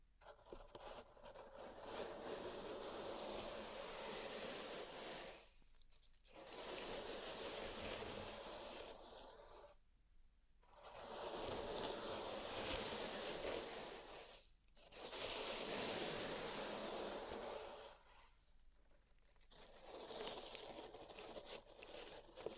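Pink salt in a zen garden is raked and shifted in long, gritty swells of dense rustling, hissy and bright with a crinkly grain. Each pass lasts about four seconds, separated by brief quiet pauses near 6, 10, 14 and 19 seconds.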